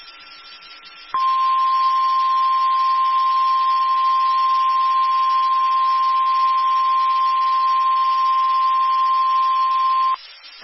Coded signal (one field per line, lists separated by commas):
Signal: Emergency Alert System (SAME) tones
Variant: 1050 Hz attention tone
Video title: TX SVR EAS #637